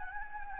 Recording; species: mosquito wingbeat signal from an infrared sensor; Anopheles gambiae